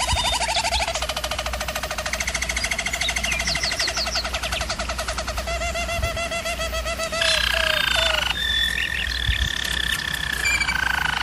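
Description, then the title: German Roller canary song: dense rolling trills, rippling looped notes and short swooping whistles, ending in higher clear tours. Canary training recording of German Roller canary song. "German Roller Canary Singing - Canary Training"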